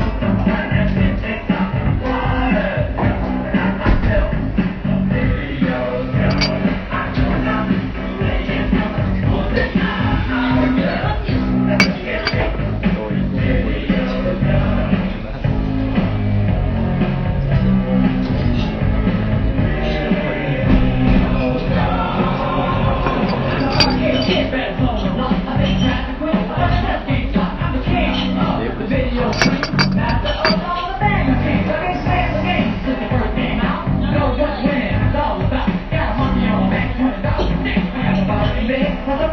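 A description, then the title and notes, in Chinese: A busy Melbourne café: a dense, steady wash of overlapping voices runs through all 39 seconds without pause. Scattered clinks of cups and cutlery punctuate the chatter, with a few sharper knocks around the 12 and 29 second marks. BBB这一家墨尔本咖啡馆。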